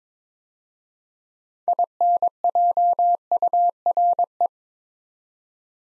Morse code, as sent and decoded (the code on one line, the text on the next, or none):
.. -. .--- ..- .-. .
INJURE